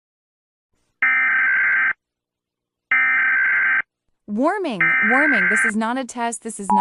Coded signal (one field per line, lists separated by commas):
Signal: Emergency Alert System (SAME) tones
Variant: header bursts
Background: speech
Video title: Eas Scenario | Acid Rain in United States | Parzival